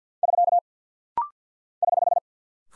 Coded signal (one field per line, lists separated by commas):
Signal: Morse code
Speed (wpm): 48 wpm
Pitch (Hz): 700 Hz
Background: none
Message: <SK> <HH>